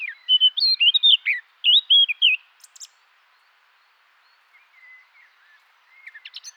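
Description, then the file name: Eurasian blackcap: a loud burst of clear, fluting whistles lasting about two seconds, then quiet, with faint scattered high notes afterward. "Sylvia atricapilla"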